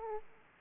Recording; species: mosquito wingbeat signal from an infrared sensor; Aedes aegypti